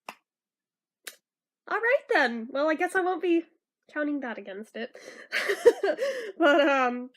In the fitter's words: you can I'm just stupid and was too hesitant to let it lock into place all right then